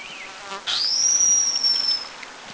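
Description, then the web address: Taiwan whistling thrush call: a brief harsh burst sliding into a long, thin, piercingly high whistle held steady for over a second before fading, over faint background hiss. "Taiwan Formosan Whistling Thrush"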